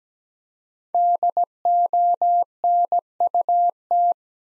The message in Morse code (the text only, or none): DONUT